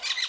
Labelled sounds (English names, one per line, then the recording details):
Brown-throated Parakeet contact call
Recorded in Venezuela